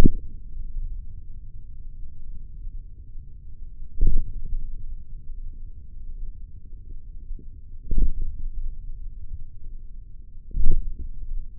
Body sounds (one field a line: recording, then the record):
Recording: forearm muscle sounds (acoustic myography)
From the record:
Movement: hand opening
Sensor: system 3, bracelet of six PUI Audio POM-2738L microphones around the upper forearm, with dedicated amplification and filtering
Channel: 2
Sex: male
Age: 55 years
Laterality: right